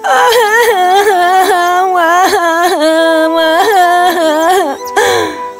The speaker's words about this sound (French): Elle avait mal et se sentait désespérée. Alors, elle se mit à pleurer.